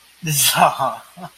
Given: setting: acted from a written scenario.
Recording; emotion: vocal sound without words; adoration